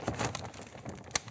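A tensioned support rod of an Elinchrom Rotalux Octabox softbox is pushed into its socket on the center ring, with crinkling fabric rustle and small knocks. The rod snaps into the locked position with a sharp click at 1.2 s, and it is seated.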